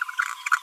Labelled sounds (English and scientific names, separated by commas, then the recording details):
Green-rumped Parrotlet (Forpus passerinus) babbling
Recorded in a nest box in Venezuela
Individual 18B25A5